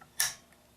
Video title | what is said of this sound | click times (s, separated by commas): The New MI QD Optic Mounts. | When you go to lock it in place, you'll hear that click and then you know it's on there. | 0.2 s